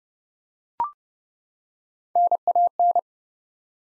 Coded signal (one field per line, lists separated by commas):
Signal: Morse code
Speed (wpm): 30 wpm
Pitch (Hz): 700 Hz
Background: none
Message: NAN